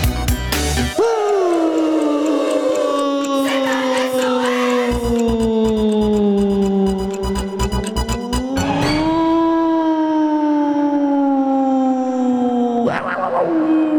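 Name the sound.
wolf howling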